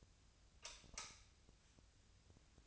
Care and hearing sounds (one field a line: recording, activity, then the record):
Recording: daily activity, microphone in the room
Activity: light off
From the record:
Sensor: 2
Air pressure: 1009.7 hPa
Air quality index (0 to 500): 181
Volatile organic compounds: 10 ppm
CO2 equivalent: 2260 ppm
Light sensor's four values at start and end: 33/85/36/38 and 28/67/29/32